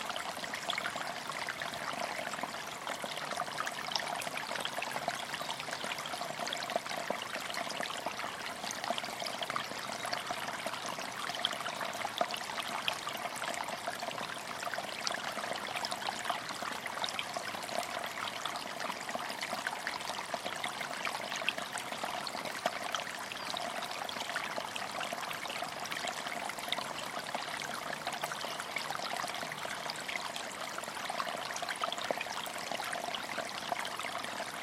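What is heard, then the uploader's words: A river runs steadily over stones beneath a canopy of beech leaves, a continuous bright rush and trickle that never lets up. Fine splashes and gurgles crowd close together, with little low rumble, so the water sounds shallow. A stream sparkles through Silent Valley. Ebbw Vale in South Wales holds many secrets, not least within the water-rucked hillsides that feed the valley. On one such slope there is an ancient woodland. At its base a river sparkles beneath a canopy of fresh beech leaves. Recorded by Daniel Graham.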